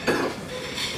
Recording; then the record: coughing mixed with background sound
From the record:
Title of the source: Coughing 77